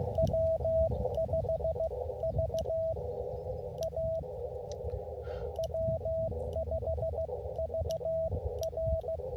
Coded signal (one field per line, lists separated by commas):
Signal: Morse code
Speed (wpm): 16 wpm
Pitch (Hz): 650 Hz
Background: radio noise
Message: W5 V A W5 V R